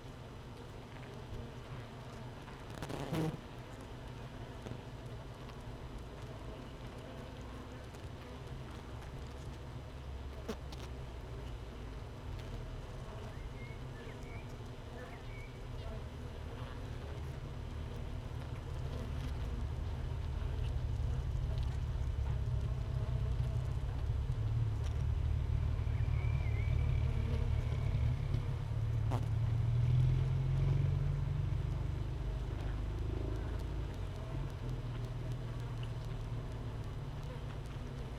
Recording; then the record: honeybee colony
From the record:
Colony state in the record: missing queen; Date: 31 May 2018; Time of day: 15:19